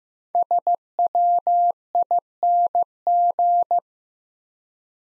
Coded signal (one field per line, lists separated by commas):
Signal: Morse code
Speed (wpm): 15 wpm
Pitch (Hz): 700 Hz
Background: none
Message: SWING